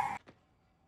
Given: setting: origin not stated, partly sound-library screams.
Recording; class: one-second piece from a danger detection set; woman in danger